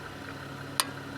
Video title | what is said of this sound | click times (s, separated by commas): New Winch? Do this First! Nylon Rope Stretching | Turn like that till it snaps. Ready to go. | 0.8 s